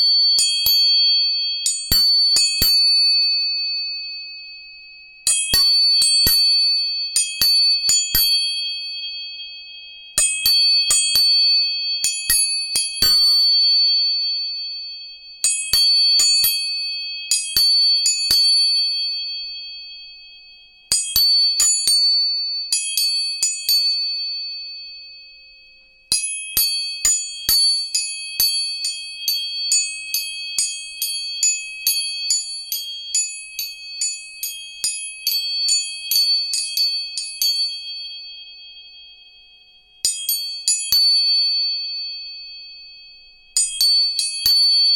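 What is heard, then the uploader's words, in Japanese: Tuning forks are struck in quick clusters every few seconds, each burst of bright, high ringing tones slowly fading into silence between groups. 音叉チューニング3本。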